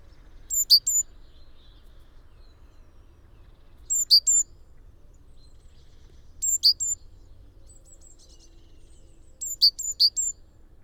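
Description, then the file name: Great tit calls: short clusters of two or three sharp, very high notes, about every three seconds, over an otherwise quiet background. "Parus major"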